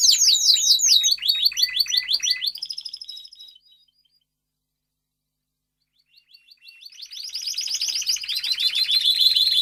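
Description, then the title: Domestic canary sings rapid repeated sweeping notes that fade into about two seconds of silence, followed by a fresh run of fast trills. Male Belgian canary singing a lot, used for training and warming up young canaries. "Canary Training Esquente Seu Filhote E Canario Belga Em 30 Minutos Macho Cantando Muito"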